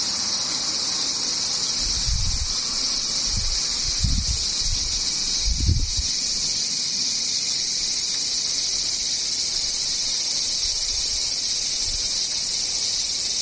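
Cicadas drone without pause, a dense, bright, shimmering buzz that holds steady for the whole clip. A few soft low thumps break in around the second through sixth seconds, with the loudest near the six-second mark and one more faint one near the end.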